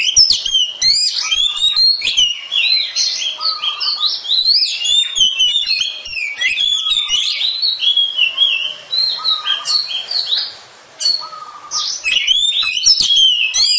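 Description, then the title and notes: Oriental magpie-robin delivering long, varied song: tumbling whistles, buzzy chirps and crisp high notes, with a few lower steady whistles and a brief gap near the end. "suara kacer. kumpulan suara burung kacer"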